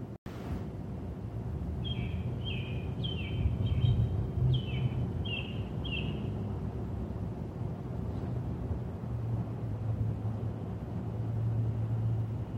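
Bird giving a run of quick, downward-slurred notes repeated roughly twice a second, then falling silent while a low droning rumble continues throughout.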